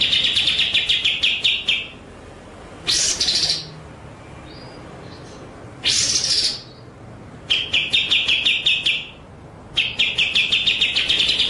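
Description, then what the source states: White-rumped shama song: fast rattling series of clipped notes alternating with short, loud bursts, phrases separated by brief pauses. Masteran (training) track of song, described as full ngerol nembak.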